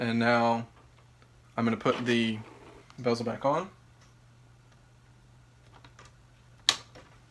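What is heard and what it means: Someone talks while pressing the plastic screen bezel back onto the display lid of an HP Pavilion DM-3099SE laptop, around the LCD panel. After a few faint ticks, one sharp, loud snap at 6.7 s marks the bezel seating into place.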